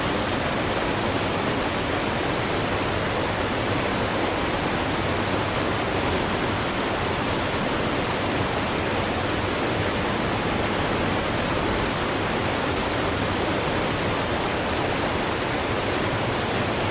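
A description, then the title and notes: A waterfall roars steadily for the whole recording, a dense, unbroken rush of falling water that never changes in level. The sound is full and close, with a deep rumble underneath and a bright hiss of spray on top. Waterfall Sound.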